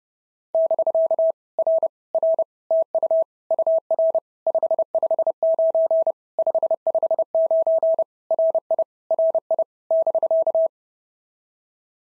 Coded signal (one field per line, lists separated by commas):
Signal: Morse code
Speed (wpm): 26 wpm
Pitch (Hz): 650 Hz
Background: none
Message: <BK> R R TU UR 559 559 RI RI <BK>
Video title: POTA QSO Practice - 30wpm